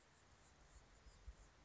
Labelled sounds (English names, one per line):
Anna's Hummingbird